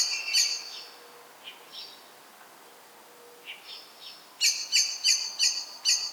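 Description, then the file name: Common blackbird giving sharp, high chink calls: two loud notes at the start, a few fainter ones, then a loud, rapid series of five from about four seconds in. "Turdus merula"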